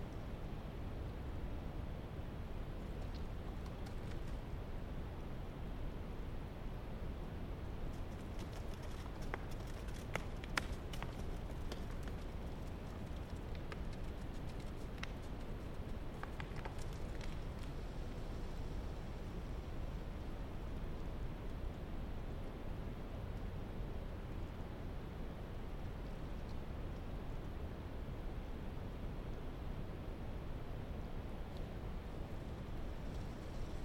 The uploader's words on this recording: Unsettled Mountainside Rock-Air. I was out wandering the Mt Baker-Snoqualmie Wilderness. It had snowed just a week ago, the first substantial snow in the Cascades since the previous year. Any ambient recordings were going to have a continual parade of tumbling rocks falling off of these now-loosened mountainsides. Recording miscellany: Sound Devices 702 mid/ pressure: MKH8020 side/ gradient: MKH30.